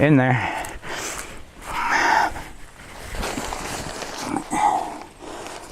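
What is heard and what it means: A side fastener on a tent's rain fly is handled and pushed toward its attachment spot on the side of the fly while someone talks. Brief rustling and sharp handling sounds come at about 3.5, 4.4 and 5.0 seconds. The fastener has not seated or clicked in yet.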